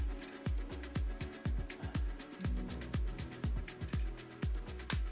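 The plastic knee joint of a transforming robot toy's leg, built as an accordion joint that collapses on multiple hinges, is folded while beat-driven dance music plays throughout. A sharp click at 4.9 s marks the knee seating into place.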